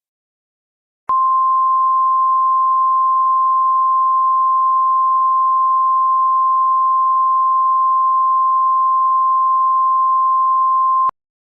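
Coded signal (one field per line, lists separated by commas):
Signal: Emergency Alert System (SAME) tones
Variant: 1050 Hz attention tone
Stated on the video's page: Emergency alert test tones carried on satellite television.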